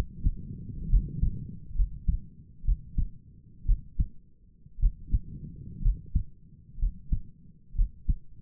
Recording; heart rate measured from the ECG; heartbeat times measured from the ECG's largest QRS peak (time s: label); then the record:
heart sounds by stethoscope; 61 bpm
0.90 s: heartbeat
1.76 s: heartbeat
2.65 s: heartbeat
3.66 s: heartbeat
4.80 s: heartbeat
5.82 s: heartbeat
6.79 s: heartbeat
7.76 s: heartbeat
From the record:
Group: healthy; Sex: female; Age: 28 years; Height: 170 cm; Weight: 77 kg